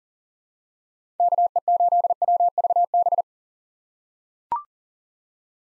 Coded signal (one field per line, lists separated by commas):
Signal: Morse code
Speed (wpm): 40 wpm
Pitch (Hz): 700 Hz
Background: none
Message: KE8WVB